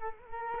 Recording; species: mosquito wingbeat signal from an infrared sensor; Culex quinquefasciatus